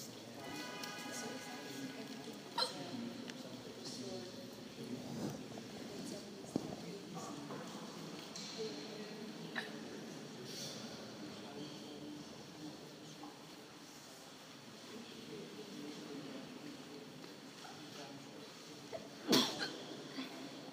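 A young woman in Germany hiccups about four or five times, brief, sharp gulping sounds at irregular intervals over twenty seconds, during a group tour. Constant crowd chatter and room noise fill the background. These are ordinary hiccups, involuntary spasms of the diaphragm cut off by sudden closure of the vocal cords.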